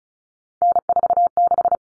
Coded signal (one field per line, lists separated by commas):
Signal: Morse code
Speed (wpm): 34 wpm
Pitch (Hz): 700 Hz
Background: none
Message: N46